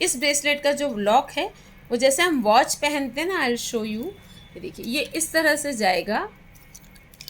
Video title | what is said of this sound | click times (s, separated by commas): The🪔UTSAV🪔 Collection -- Real look fine Bracelets below 1000 -- Book on 9823007880 | जैसे हम पहनते हैं वॉच में हुक जाता है अंदर से और फिर ऐसे टक की आवाज के साथ वो बंद हो जाता है | 7.3 s